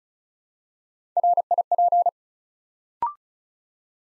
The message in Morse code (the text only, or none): RIP